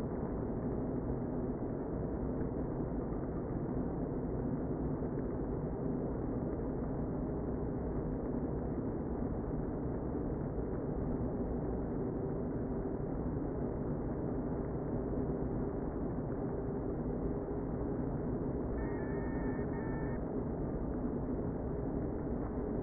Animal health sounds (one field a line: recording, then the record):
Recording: honeybee colony, microphone inside the hive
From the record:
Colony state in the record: queen present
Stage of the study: before two queens were removed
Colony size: about 60,000 bees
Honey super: yes